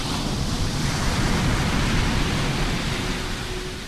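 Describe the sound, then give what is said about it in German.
A continuous, rushing wash of Atlantic Ocean waves breaking, broad and hissing with a low rumble underneath, holding steady before easing off slightly at the end. No voices. “Thomas Alva Edison während einer Reise über den Atlantik, als er stundenlang auf die Wellen starrt.”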